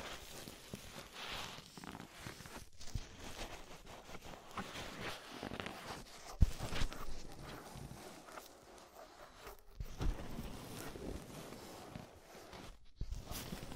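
Scraping in and around an ear, a dense, uneven run of rough rustling strokes with brief pauses near three and thirteen seconds.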